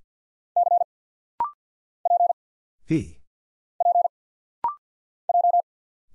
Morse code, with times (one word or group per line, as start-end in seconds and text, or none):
0.6-0.8 C
2.1-2.3 P
3.8-4.1 P
5.3-5.6 J